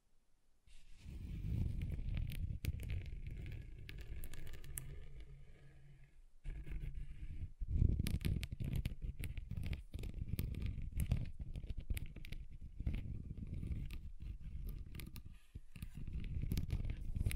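Scratching across a table surface, a continuous low rough scraping with frequent sharp clicks, pausing briefly near six seconds and again around seven.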